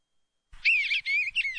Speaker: That's the song of the Eastern Bluebird.